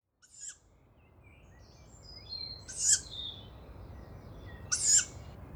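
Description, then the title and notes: Young tawny owl repeating a short, rasping hiss three times, about two seconds apart, with thin whistled notes of other birds in between. Young owl perched overhead at a former nesting site in Bois de Vincennes; 29 May 2019, 5:15; characteristic hissing breath of young; recorded live with a MixPre-3 and two MKH40 microphones. "29 mai 2019-5h15-Bois de Vincennes. ce souffle caractéristique des jeunes Chouettes hulottes (Strix aluco)"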